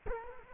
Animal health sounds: mosquito wingbeat signal from an infrared sensor; Culex quinquefasciatus

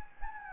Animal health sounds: mosquito wingbeat signal from an infrared sensor; Anopheles gambiae

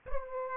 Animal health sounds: mosquito wingbeat signal from an infrared sensor; Aedes aegypti

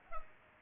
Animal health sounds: mosquito wingbeat signal from an infrared sensor; Culex pipiens

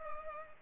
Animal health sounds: mosquito wingbeat signal from an infrared sensor; Culex pipiens

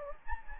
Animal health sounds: mosquito wingbeat signal from an infrared sensor; Anopheles gambiae

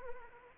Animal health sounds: mosquito wingbeat signal from an infrared sensor; Anopheles arabiensis

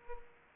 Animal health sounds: mosquito wingbeat signal from an infrared sensor; Aedes aegypti

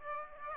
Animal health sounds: mosquito wingbeat signal from an infrared sensor; Aedes aegypti

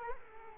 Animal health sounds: mosquito wingbeat signal from an infrared sensor; Culex quinquefasciatus

